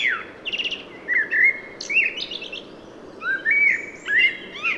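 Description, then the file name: Common blackbird, melodious whistled song phrases mixing slurred mellow notes with buzzy, squeaky high flourishes, delivered in quick succession. "Turdus merula"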